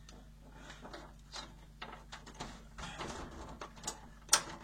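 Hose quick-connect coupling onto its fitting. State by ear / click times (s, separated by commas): seated / 4.3 s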